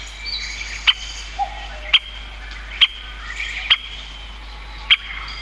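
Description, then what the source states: Great Spotted Woodpecker uttering five hard, short 'kik' notes about a second apart. Call (jinaki) said to differ little from the Japanese green woodpecker's, hard to tell apart; more common in eastern than western Japan; its drumming, said to be 18–22 strikes per second, serves as song.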